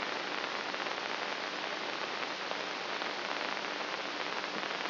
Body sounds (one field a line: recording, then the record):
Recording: brain microelectrode recording played as sound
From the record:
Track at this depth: outside the subthalamic nucleus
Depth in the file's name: 6.24 mm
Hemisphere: right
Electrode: 3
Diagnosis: Parkinson's disease